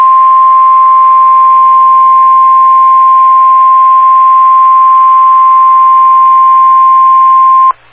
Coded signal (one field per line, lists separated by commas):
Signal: Emergency Alert System (SAME) tones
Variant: 1050 Hz attention tone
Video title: 2017 Ohio Statewide Tornado Drill EAS Activation | 3/22/2017